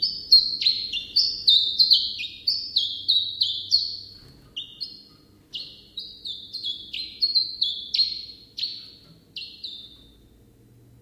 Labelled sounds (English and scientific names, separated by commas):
Common Chiffchaff (Phylloscopus collybita)